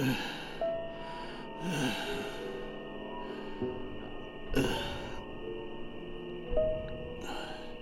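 An old man breathes heavily and unevenly, with a few loud, rasping gasps spaced several seconds apart over a low, steady hum; his breathing grows calmer and then stops.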